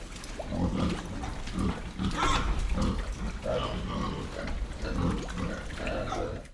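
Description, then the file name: Pigs grunting in short, deep bursts, several times throughout, with squelching and shuffling movement throughout. Three pigs moving through wet mud inside a shed, grunting. "animals pigs movement wet mud inside shed with grunts"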